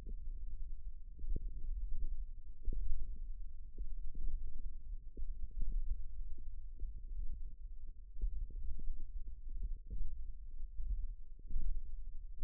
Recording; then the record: forearm muscle sounds (acoustic myography)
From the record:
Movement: thumb flexion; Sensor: system 1, eight BSWA MPA416 microphones around the upper forearm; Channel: 6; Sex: female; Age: 20 years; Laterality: right